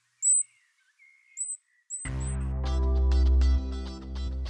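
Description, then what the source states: Goldcrest giving very high, thin, brief call notes, three in about two seconds, after which a loud sustained sound takes over. Europe's smallest bird, present year-round; many arrive in autumn from northern Scandinavia and return there in spring to breed; found in conifers in gardens or city parks.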